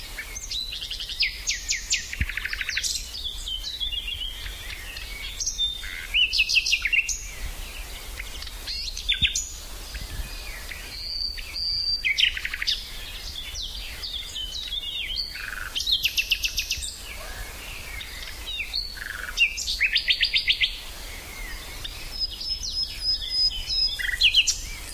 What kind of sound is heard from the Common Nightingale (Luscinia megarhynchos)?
song